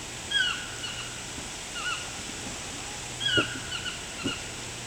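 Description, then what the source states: Toucan yelping calls: two loud bursts of sharp, downslurred notes about three seconds apart, each followed by softer notes, over a steady background hum. Recorded in Panama.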